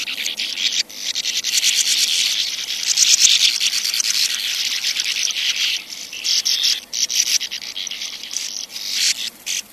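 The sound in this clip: Sand martin: continuous harsh chatter of many scratchy notes, with a few short lulls near the end.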